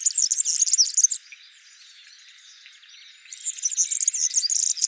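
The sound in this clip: European serin singing a very high, rapid, tinkling trill for about a second, a quiet pause with faint twitters, then the jingling song starts again.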